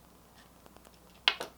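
A memory module is pushed into a RAM slot of a mid-2012 MacBook Pro laptop. After a few faint ticks, a loud sharp click at 1.3 s is followed by a softer second click at 1.4 s as the module seats home.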